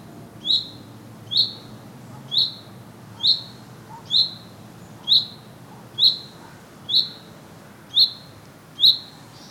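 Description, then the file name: Common chaffinch giving a steady series of about ten short, sharp, high-pitched call notes, each spaced just under a second apart, over quiet low background noise. "Fringilla coelebs"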